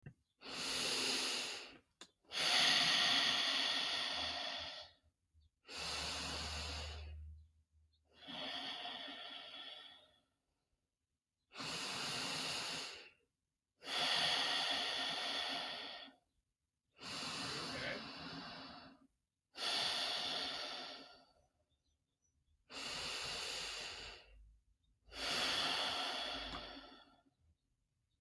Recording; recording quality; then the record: deep breathing; excellent, no background noise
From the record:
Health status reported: healthy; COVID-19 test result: negative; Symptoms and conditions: none ticked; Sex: male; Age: 29 years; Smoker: not ticked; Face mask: not worn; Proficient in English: yes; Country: United States